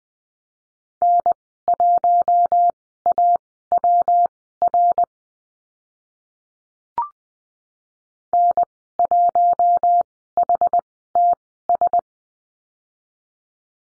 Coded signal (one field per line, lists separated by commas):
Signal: Morse code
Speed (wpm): 20 wpm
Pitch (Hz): 700 Hz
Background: none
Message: N1AWR N1HTS